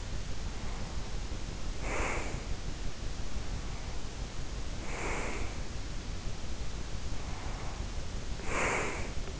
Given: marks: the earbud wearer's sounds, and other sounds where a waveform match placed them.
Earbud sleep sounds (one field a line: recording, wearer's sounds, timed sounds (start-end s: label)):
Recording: sounds in sleep by an in-ear microphone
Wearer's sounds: breath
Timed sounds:
0.40-2.51 s: breath
3.49-5.79 s: breath
7.13-9.40 s: breath